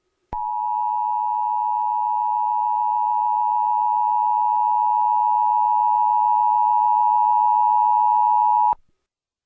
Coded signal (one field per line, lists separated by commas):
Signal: Emergency Alert System (SAME) tones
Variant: 853 and 960 Hz attention tone